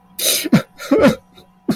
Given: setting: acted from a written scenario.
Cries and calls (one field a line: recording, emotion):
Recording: vocal sound without words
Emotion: sadness